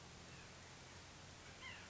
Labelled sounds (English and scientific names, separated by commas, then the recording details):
White-breasted Nuthatch (Sitta carolinensis)
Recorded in Sonoma County, California